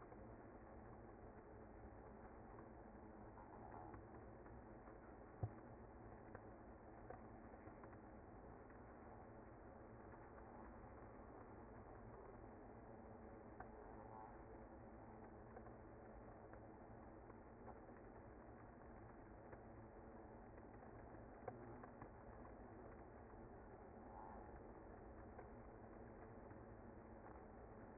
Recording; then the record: honeybee colony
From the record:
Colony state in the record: active